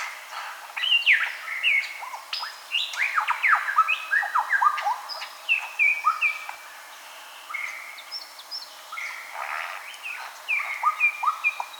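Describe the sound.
Superb lyrebird singing a varied run of loud, ringing whistles, many sliding downward, in uneven phrases with short pauses between them.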